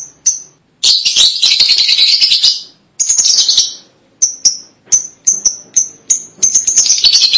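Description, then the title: Lovebird chattering loudly in raspy, high twittering bursts, then a string of quick sharp chirps, ending in more buzzy chatter. "BM Suara Burung Lovebird"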